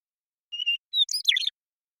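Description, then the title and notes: Western meadowlark song that opens with a fluttering whistle and a brief pure note, then breaks into a fast gurgling cascade. Song at natural pace; recorded in the Pacific Northwest, Washington, United States. "Western Meadowlark, Sturnella neglecta, song, contact calls, and flush, family: Troupials and Allies Recorded in the beautiful Pacific Northwest in Washington, United States"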